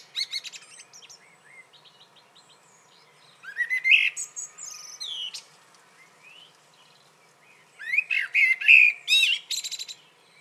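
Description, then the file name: Common blackbird song: a brief twitter, then a warbled phrase rising to thin high squeaks, and after a pause a final burst of warbling and twittering. "Turdus merula"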